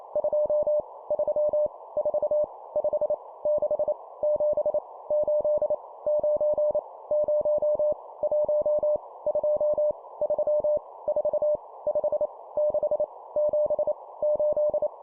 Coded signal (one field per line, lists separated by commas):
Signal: Morse code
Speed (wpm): 28 wpm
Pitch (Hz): 600 Hz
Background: none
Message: 2 3 4 5 6 7 8 9 0 1 2 3 4 5 6 7 8